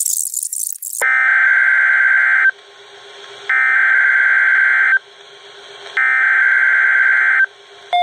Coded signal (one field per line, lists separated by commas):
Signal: Emergency Alert System (SAME) tones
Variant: header bursts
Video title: EMBRACING CHANGE... | EAS Alerts from October 2020 (EAS #700!-753)